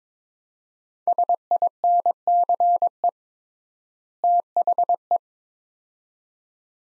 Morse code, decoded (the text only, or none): SINCE THE